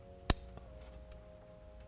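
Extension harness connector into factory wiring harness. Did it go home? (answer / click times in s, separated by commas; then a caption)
yes / 0.3 s. The other end of a plastic extension harness connector from an S&B cold air intake kit is plugged into the factory engine wiring harness of a 2015–2020 Ford F-150 EcoBoost V6. A sharp, bright click sounds at 0.3 s, followed by two faint ticks at about 0.6 s and 1.1 s over a steady low hum. The connector is seated.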